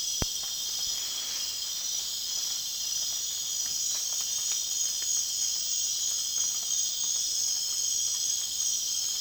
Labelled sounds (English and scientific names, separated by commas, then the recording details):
none
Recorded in dense forest near Puerto Asís, Putumayo, Colombia, on 19 June 2025 at 20:30
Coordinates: 0.466, -76.327
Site GP04